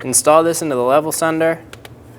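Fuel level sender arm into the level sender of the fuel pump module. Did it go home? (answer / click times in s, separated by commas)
no / none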